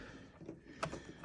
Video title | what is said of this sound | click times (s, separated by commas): Galactus unboxing pt3 @Aflairfortoys | pop that off, the little zombie or skeleton one. | 0.8 s